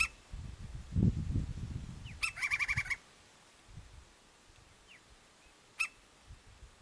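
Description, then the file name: Woodpecker giving a fast burst of harsh, repeated notes, then a single sharp call. Low rumbling noise at the start partly overlaps the call. "canto do pica pau"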